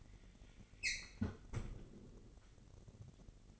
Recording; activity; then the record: daily activity, microphone in the room; close fridge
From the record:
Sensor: 4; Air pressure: 1002.7 hPa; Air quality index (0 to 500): 239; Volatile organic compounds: 16 ppm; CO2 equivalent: 2562 ppm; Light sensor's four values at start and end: 4/10/4/4 and 4/10/4/4